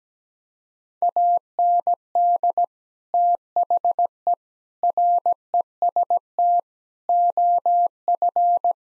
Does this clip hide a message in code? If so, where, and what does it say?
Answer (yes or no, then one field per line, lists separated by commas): yes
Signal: Morse code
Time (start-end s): 1.0-8.7 s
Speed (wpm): 17 wpm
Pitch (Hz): 700 Hz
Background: none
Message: AND THE REST OF